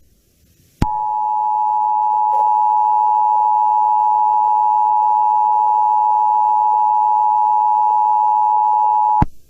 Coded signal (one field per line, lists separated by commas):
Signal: Emergency Alert System (SAME) tones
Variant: 853 and 960 Hz attention tone